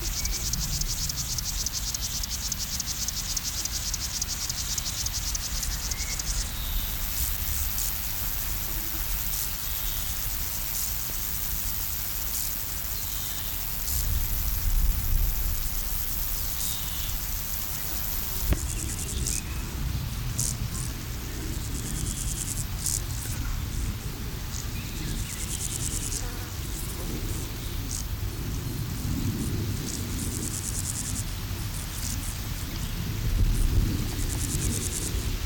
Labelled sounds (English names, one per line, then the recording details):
Meadow Grasshopper stridulation
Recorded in the wild
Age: imago
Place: Blankenfelde, Tegeler Fließ, Berlin, DE
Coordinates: 52.604, 13.4
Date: 1993-07-10
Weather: 24°C, sonnig-heiter
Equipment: Marantz CP 430, Sennheiser ME 80, Kopie Uher Variocord 263
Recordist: Tembrock, Günter